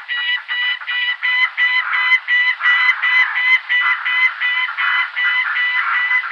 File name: gyrfalcon